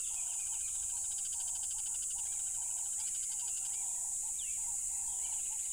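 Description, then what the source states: Cricket chorus, a steady shrill high-pitched drone running throughout, over a series of lower, evenly spaced hooting notes and a few brief bird whistles. Loud crickets beside a tropical river.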